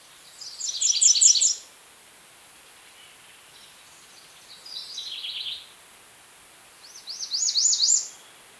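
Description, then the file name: American redstart song: three separate high, thin phrases of quick repeated notes, the last a run of looping zigzag notes. "Setophaga ruticilla - American Redstart"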